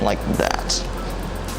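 A metal sample cup is handled and placed back into a flash point tester, its notches lining up to lock into place, while someone talks over a steady low hum. The clip ends before the cup goes home, and nothing has seated or clicked yet.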